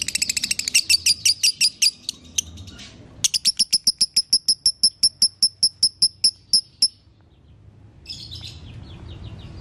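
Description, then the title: Lovebird chirping song: a fast series of sharp, high chirps, then a steadier run of evenly spaced notes, a brief pause and a short buzzy chatter. Konslet song style. "Masteran Lovebird Konslet"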